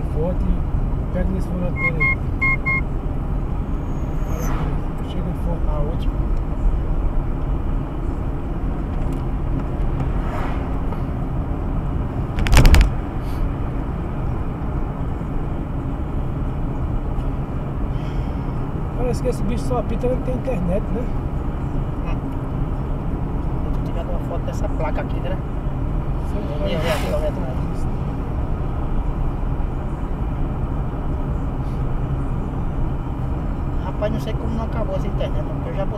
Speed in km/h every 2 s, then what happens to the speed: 51, 52, 53, 55, 55, 57, 56, 56, 56, 57, 56, 55, 55, 56, 56, 56, 56, 54.
0-10 speeds up to 57. 10-36 steady at about 56.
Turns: none.